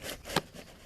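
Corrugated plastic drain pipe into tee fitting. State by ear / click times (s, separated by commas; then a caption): seated / 0.4 s. A corrugated plastic drain pipe is pushed into a plastic tee fitting in a yard drain trench. Scraping and rustling lead up to a sharp click at 0.4 s as the pipe snaps into the tee, then quieter shuffling follows. The pipe is seated in the tee.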